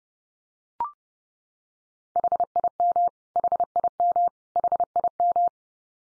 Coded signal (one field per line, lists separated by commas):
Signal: Morse code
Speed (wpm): 30 wpm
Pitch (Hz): 700 Hz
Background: none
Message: HIM HIM HIM